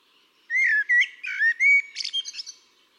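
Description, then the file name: Eurasian blackbird song: a mellow, warbling fluted phrase of low whistles that breaks into a high, squeaky twittering flourish at the end. "Turdus merula"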